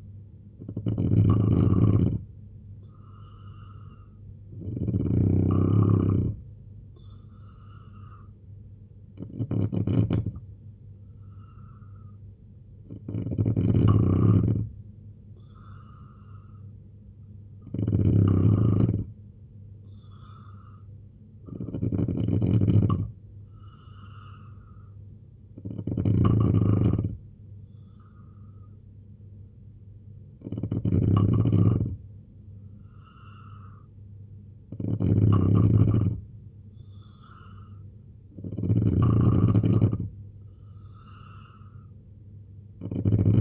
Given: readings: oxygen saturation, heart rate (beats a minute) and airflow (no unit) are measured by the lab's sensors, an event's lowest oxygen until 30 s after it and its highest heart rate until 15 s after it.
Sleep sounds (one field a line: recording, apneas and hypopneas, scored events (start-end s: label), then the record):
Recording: breathing in sleep by a smartphone at the bedside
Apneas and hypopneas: none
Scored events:
20.00-43.41 s: new sleep stage, N3 (deep sleep)
From the record:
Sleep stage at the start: N2 (light sleep)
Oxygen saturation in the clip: 84 to 90%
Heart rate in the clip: 70 to 75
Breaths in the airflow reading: 10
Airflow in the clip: -3.3 to 5.6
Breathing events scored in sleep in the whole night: 258 in 7.4 hours asleep